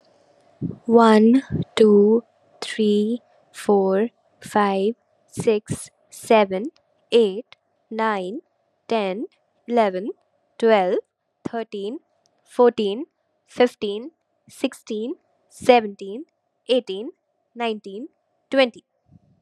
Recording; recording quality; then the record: counting at a normal pace; excellent, no background noise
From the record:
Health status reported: COVID-19 positive, no symptoms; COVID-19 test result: positive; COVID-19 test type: RT-PCR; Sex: female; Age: 22 years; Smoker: no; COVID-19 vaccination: both doses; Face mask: not worn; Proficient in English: yes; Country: India